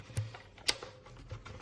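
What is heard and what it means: A dust bag holder is pushed back into the body of a Kenmore BU4050 Intuition bagged upright vacuum until it seats. Softer bumps and knocks surround one sharp plastic click at 0.7 s, where the holder clicks into place.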